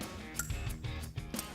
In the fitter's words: Encore une fois, nous allons le glisser en place, attendez pour qu’il clique,